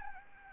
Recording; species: mosquito wingbeat signal from an infrared sensor; Aedes albopictus